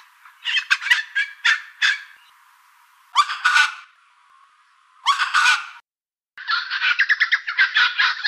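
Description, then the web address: Red wattlebird giving harsh, raspy, coughing calls in short clustered bursts, then a longer rattling, grating series near the end. Garden bird in Canberra, Australia. "canberra-garden-birds honeyeaters red-wattlebird"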